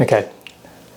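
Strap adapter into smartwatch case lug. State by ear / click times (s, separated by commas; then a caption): seated / 0.5 s. Someone talks briefly as the second end of a metal strap adapter is poked into the lug of a Samsung Galaxy Watch 4. A short, sharp click is heard at 0.5 s as the adapter clicks into place and is seated in the lug.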